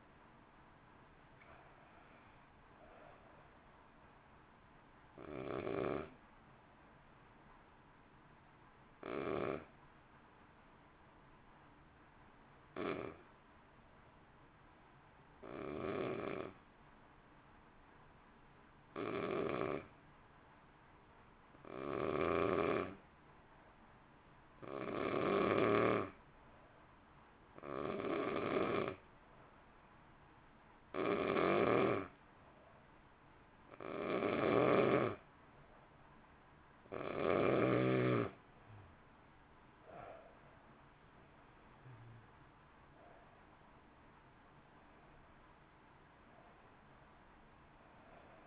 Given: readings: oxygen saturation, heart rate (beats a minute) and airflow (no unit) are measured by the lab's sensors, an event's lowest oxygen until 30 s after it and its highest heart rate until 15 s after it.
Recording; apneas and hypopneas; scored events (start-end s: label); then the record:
breathing in sleep by a voice recorder at the bedside; 1
7.00-38.10 s: hypopnea (N2, oxygen 95% highest, then 88% lowest, heart rate 52 at the start, 60 highest)
36.00-48.46 s: new sleep stage, awake
40.00-48.46 s: awake
From the record:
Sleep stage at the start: N2 (light sleep); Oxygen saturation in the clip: 86 to 95%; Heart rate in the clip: 50 to 60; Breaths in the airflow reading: 16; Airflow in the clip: -1.1 to 1.5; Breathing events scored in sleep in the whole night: 328 in 6.3 hours asleep